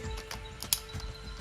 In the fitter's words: And finally, the tail. And it clicks right into the back.